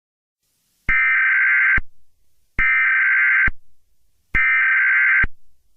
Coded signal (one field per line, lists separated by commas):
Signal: Emergency Alert System (SAME) tones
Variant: header bursts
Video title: EAS Scenario #25: Mickey Error IV The Next Chapter